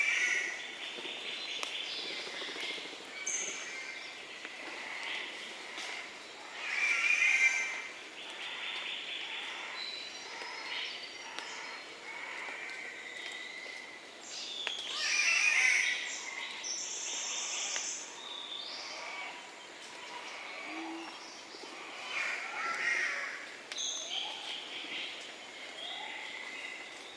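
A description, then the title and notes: Daintree Rainforest birds call over one another in a dense, bright chorus, with chirps, whistles and trills overlapping throughout. A steady high insect drone sits underneath. Calls swell loudest around seven seconds and again near fifteen to sixteen seconds. The Daintree Rainforest in Queensland Australia.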